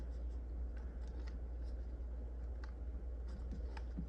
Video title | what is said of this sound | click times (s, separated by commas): 1/18 scale G.I. Joe custom RC final details part 1of2 | And you can see here, and you can see the post there, and it just snaps into place. | 3.8 s